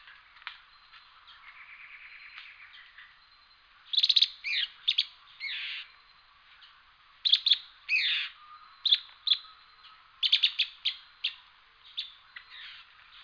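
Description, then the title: Bird song in bursts of sharp chirps and slurred notes, with pauses between phrases and a soft trill early on. "LuckyPassaro Completos2Sama"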